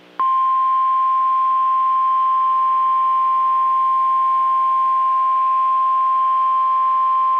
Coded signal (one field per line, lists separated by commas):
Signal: Emergency Alert System (SAME) tones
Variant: 1050 Hz attention tone